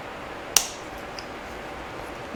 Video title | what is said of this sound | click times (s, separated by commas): Rapidbike Racing Install on 2023 RC390 | one a nice big audible click again | 0.6 s